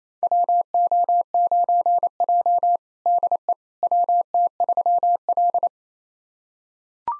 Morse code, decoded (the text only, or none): WO9J DE WT3L